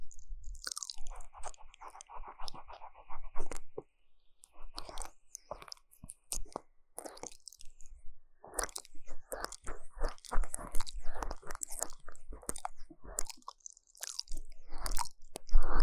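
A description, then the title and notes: Wet mouth sounds of ear licking: clustered smacks, clicks and slurps in quick bursts, with a drawn-out squeaky lick in the first few seconds. Brief pauses near four and eight seconds, then denser licking to the end over a faint low hum. 台灣ASMR | 3DIO耳舐 | 舔耳 | 口腔音 | Deep Ear Licking | NO Talking.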